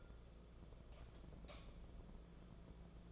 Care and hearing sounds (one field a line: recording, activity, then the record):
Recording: daily activity, microphone in the room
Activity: light off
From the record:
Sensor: 5